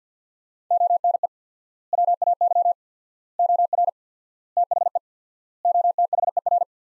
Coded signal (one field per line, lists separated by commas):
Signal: Morse code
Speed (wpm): 50 wpm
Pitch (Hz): 700 Hz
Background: none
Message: ONE WAY OR THE OTHER